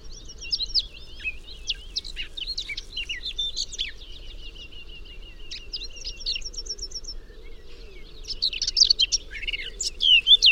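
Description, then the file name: Eurasian blackcap: quiet, scratchy warbling with a rapid series of repeated ticking notes, building to louder, brighter twitters near the end. "Sylvia atricapilla"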